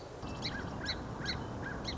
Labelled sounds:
Song Sparrow (Melospiza melodia)
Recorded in Sonoma County, California

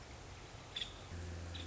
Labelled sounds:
Nuttall's Woodpecker (Dryobates nuttallii)
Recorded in Sonoma County, California

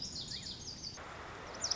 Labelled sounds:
Lazuli Bunting (Passerina amoena)
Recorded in Sonoma County, California

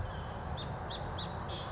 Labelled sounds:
Song Sparrow (Melospiza melodia)
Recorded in Sonoma County, California

